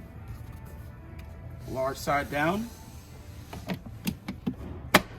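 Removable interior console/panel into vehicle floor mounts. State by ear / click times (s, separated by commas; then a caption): seated / 4.9 s. A removable interior panel that opens a walkway between the seats of an Infiniti QX60 is lined up and pushed back into its floor mounts, large side down, while someone talks. A few soft knocks follow as it is positioned. It snaps home with a sharp, loud click at 5.0 s and is seated.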